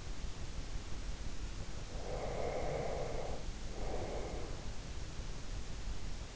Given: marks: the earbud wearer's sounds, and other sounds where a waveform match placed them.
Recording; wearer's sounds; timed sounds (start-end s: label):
sounds in sleep by an in-ear microphone; breath
2.00-4.60 s: breath